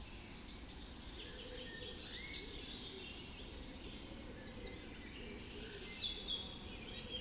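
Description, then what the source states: Birds in a chorus, busy overlapping twittering songs with a few sharp high notes, over a background rumble. Dawn chorus recorded just after dawn in the Forest of Dean.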